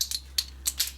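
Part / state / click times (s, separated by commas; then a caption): torque wrench on an engine block bolt / torque reached / 0.4 s. A small torque wrench set to 10 tightens a bolt while a Subaru engine block is being closed up. Brief bright ticks and rattles come over a steady low hum, and the sharpest click, at 0.4 s, is the wrench releasing at its setting. Softer ticks follow near 0.7 and 0.8 s.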